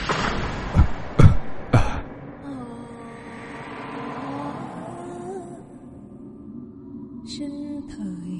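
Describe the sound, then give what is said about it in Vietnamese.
Three harsh, loud coughs in quick succession, then a low, steady droning hum that carries on for several seconds, with a faint high tone near the end. “Tiếng ho vừa dứt, cũng là lúc giọng họ ghê rợn quen thuộc đó lại vang lên.”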